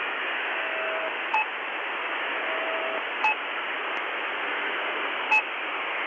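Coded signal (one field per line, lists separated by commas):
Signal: channel marker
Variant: The Pip imitation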